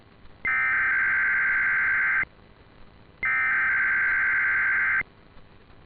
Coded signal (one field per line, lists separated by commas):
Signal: Emergency Alert System (SAME) tones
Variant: header bursts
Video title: 12/16/2020 | Southwest MI RMT, but there's 2. [EAS #269-270]